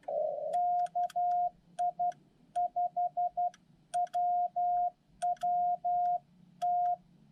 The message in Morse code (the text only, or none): KI5WWT